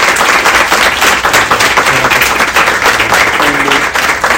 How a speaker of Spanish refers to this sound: Pues un aplauso para ellos, por favor.